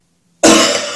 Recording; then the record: coughing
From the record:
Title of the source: Cough Around the Clock!